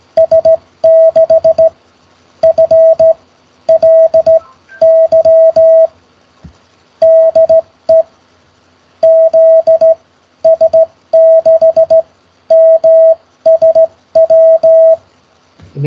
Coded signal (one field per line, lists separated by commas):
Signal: Morse code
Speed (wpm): 15 wpm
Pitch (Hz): 660 Hz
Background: none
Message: S6FLY DE ZS6MSW